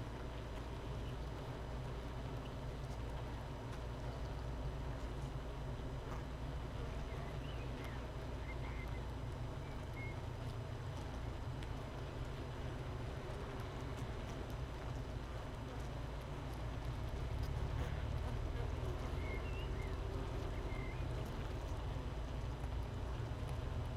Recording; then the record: honeybee colony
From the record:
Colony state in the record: missing queen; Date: 31 May 2018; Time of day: 13:56